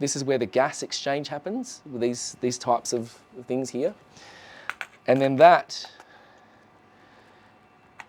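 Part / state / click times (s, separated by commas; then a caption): sample cassette into holder of lab imaging instrument / seated / 8.0 s. A small sample cassette is fitted into its holder on a lab imaging instrument while someone talks, followed by a quiet pause. A single sharp click at 8.0 s marks the cassette seating into place.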